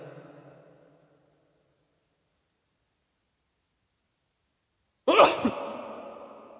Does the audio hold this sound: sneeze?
yes